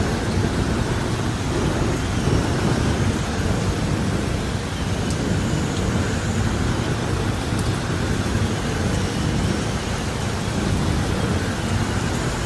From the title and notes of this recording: Sounds of rain and thunder. Combines the gentle patter of rain with the deep, resonant rumble of thunder.